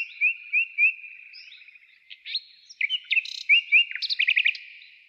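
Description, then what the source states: Nightingale song: three clear slurred whistles, a short pause, then rapid mixed chirps, a brief buzz and a quick run of repeated notes. Nightingale trill.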